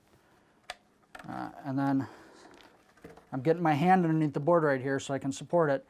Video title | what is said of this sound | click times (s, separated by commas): How to Build a PC step by step, Cheap Budget PC Build Intel I5 GTX 1660 TI 16GB Help Build PC | snap in the other | 0.7 s